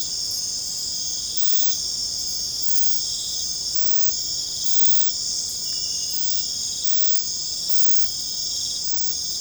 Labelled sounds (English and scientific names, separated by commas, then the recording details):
none
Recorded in secondary vegetation near Puerto Asís, Putumayo, Colombia, on 26 December 2024 at 21:30
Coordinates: 0.499, -76.323
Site G010